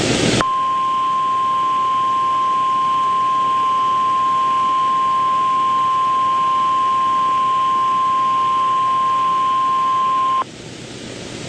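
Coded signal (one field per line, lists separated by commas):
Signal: Emergency Alert System (SAME) tones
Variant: 1050 Hz attention tone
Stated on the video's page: NOAA Weather Radio KHB32 Tampa broadcast cycle with a Special Marine Warning, synthesized CRS recording.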